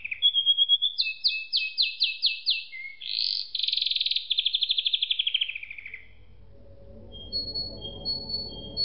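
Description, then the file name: Canary song: rapid repeated chirps, then a loud rolling trill descending in pitch, followed by quiet low rumble and faint thin whistles. "suara kenari makige"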